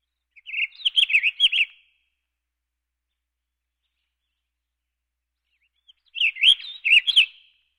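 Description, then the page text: Warbling vireo delivering a hurried, burry warble, then another similar phrase after a pause of about four seconds; no other sounds. "Warbling Vireo. Quick Sounds"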